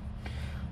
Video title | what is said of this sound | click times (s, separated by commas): HOW TO INSTALL 5.9L Common Rail Injectors #diesel #cummins #dodge #injectors #howto | this one first and 11's not much but you'll hear it click off there for us | 0.3 s